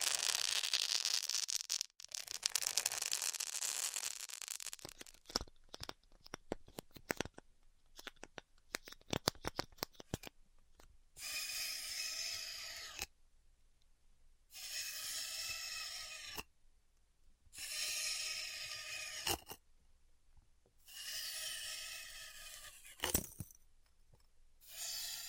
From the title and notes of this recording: ASMR Styrofoam Heat Cutting (No Talking).